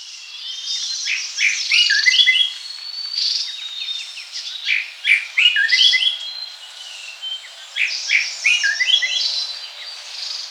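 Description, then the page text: Greater racket-tailed drongo song: a varied run of sharp chirps, whistled notes and metallic phrases, about three per second, with a continuous high hiss beneath. "Greater Racket-Tailed Drongo Song. Quick Sounds"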